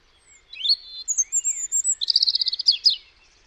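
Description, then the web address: European robin song: a rising thin whistle, a high wavering note, then a fast jangling run of tinkling notes. "Deverinetal 2025 File origin Bird Only Er Ru"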